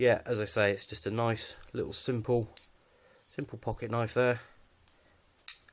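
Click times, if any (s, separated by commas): 5.5 s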